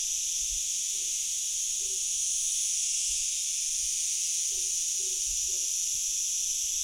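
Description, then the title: Many cicadas buzz together in a continuous, even, hissing drone, while a few faint brief calls and low knocks sound in the background. Hundreds of cicadas near Pocinho on the Douro River, Portugal; part of a Douro River sound map. "Cigarras no Pocinho"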